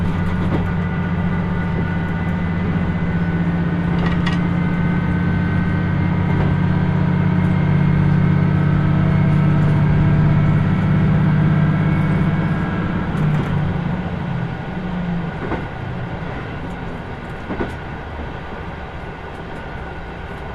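A ride aboard the Kyushu Odan Express No. 3 on the Hōhi Line, from Kumamoto toward Tateno. A steady, deep engine drone with humming tones fills the first twelve seconds, then eases off and quiets, while occasional clicks and knocks from the rails sound at scattered moments.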